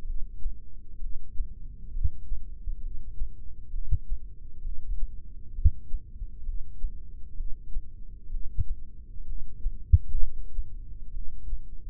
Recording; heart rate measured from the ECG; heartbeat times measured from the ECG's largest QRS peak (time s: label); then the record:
heart sounds by microphone in the left ear; 65 bpm
0.07 s: heartbeat
1.02 s: heartbeat
1.94 s: heartbeat
2.83 s: heartbeat
3.74 s: heartbeat
4.64 s: heartbeat
5.56 s: heartbeat
6.46 s: heartbeat
7.38 s: heartbeat
8.32 s: heartbeat
9.28 s: heartbeat
10.21 s: heartbeat
11.14 s: heartbeat
From the record:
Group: heart failure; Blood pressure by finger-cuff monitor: 109/69 mmHg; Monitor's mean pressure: 84 mmHg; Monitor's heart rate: 65 bpm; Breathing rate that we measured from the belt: 16 breaths a minute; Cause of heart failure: idiopathic cardiomyopathy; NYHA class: 1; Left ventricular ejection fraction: 50%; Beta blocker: bisoprolol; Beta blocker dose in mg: 5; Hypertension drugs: candesartan, spironolactone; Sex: male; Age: 54 years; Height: 180 cm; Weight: 94.6 kg